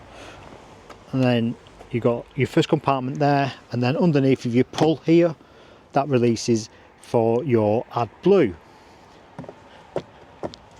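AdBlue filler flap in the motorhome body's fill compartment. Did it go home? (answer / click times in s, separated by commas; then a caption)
yes / 10.5 s. Someone talks while closing the AdBlue filler flap in the exterior fill compartment of a 2025 Chausson 720 Etape Line motorhome, next to the diesel fill. A few soft knocks come after the speech, then a quick double click at 10.5 s as the flap clicks back into place, seated shut.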